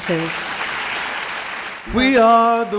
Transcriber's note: soundbite of applause